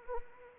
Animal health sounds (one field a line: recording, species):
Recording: mosquito wingbeat signal from an infrared sensor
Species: Anopheles arabiensis